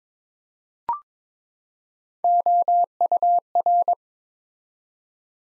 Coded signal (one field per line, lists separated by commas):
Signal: Morse code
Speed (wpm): 23 wpm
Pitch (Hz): 700 Hz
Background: none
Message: OUR